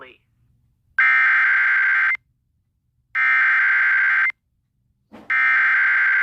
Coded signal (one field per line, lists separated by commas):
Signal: Emergency Alert System (SAME) tones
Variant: header bursts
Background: speech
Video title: Eas special marine warning in Hawaii Eas#408